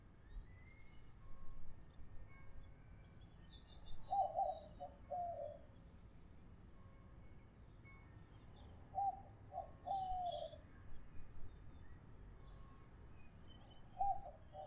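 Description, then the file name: Dove coos in low, clipped phrases of a few notes, heard three times throughout against steady low background noise and occasional faint chirps. "zenaida asiatica"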